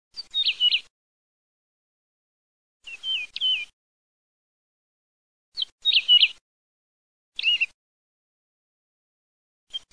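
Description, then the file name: Woodlark song: short, clear whistled phrases of quick high notes, repeated every second or two, with silent gaps between. "TOTTAVILLA"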